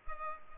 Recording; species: mosquito wingbeat signal from an infrared sensor; Culex pipiens